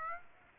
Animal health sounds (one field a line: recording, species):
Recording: mosquito wingbeat signal from an infrared sensor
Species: Aedes aegypti